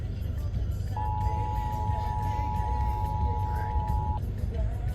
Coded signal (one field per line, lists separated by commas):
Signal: Emergency Alert System (SAME) tones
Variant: 853 and 960 Hz attention tone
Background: speech, music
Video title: 6PM TBW Required Weekly Test - 10/8/25 (EAS #4739-4740)